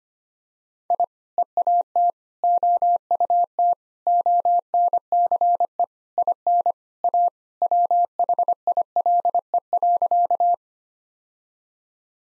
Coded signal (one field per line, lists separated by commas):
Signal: Morse code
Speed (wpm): 25 wpm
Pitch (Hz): 700 Hz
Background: none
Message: I EAT OUT ONCE IN A WHILE.